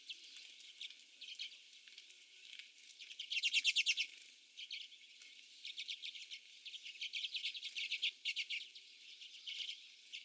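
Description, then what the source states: Common redpoll chatter: quick runs of dry chit notes in separated bursts with quieter gaps between them. Several birds.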